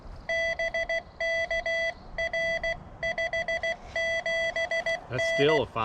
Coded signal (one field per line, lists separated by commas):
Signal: Morse code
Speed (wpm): 16 wpm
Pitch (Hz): 660 Hz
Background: speech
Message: BK R 57N